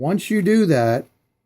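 After an LED swap, a plastic roof cover is handled over the housing of the LED lights. Someone talks for about the first second, then it goes silent. The cover has not snapped or seated yet.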